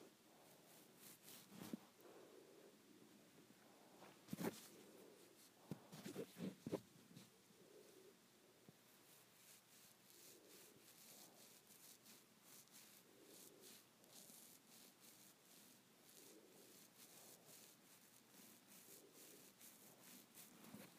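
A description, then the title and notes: Hair being played with: a steady, dense rustling and rubbing that runs the whole time, like fingers combing and scrunching through strands. Sharper crackling bursts stand out around 2, 4.5 and 6–7 seconds, then the soft, even friction continues without pause. ASMR Hair Play.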